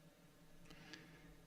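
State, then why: Seated. A plastic joint part is pressed into a limb of an HG Destiny Gundam model kit from Mobile Suit Gundam Seed, with a faint tick near 0.7 s and then a short, sharp click at 0.9 s over a quiet background. The joint pops into place and is seated.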